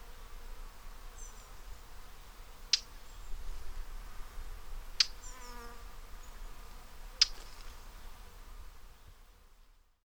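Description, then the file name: Eurasian blackcap giving three sharp, dry tacking clicks, spaced a couple of seconds apart. "Sylvia atricapilla"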